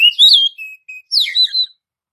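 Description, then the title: Oriental magpie-robin giving two quick bursts of clear whistled notes, the first sliding and rising, the second more jumbled, with two short steady notes between; no other sounds. "Kacer"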